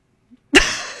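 A single abrupt, explosive, goofy-sounding adult cough with a quick trailing breathy release; an ordinary isolated cough.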